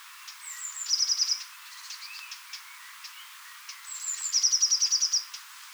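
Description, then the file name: Eurasian blue tit calls, a couple of thin high notes followed by a fast buzzy trill, given twice about three seconds apart, with faint chips of other birds. "Cyanistes caeruleus"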